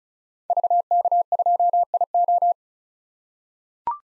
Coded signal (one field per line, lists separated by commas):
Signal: Morse code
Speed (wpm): 34 wpm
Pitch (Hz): 700 Hz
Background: none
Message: VK2IO